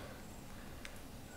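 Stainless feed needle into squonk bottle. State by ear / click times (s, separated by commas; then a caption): seated / 0.9 s. A stainless steel feed tube shaped like a syringe needle is pushed into a squonk bottle and pops in with a short, sharp click at 0.85 s over a steady low background hiss. It locks into place so the bottle cannot leak.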